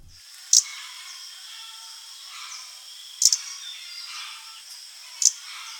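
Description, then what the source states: Kamchatka Leaf Warbler calls: three sharp, very high clicky notes spaced two to three seconds apart, against a faint steady hiss. Calls likened to a small flycatcher, almost a taiga flycatcher: a chatter with separately audible syllables, slightly rattling, somewhat longer sounds than the Arctic warbler's.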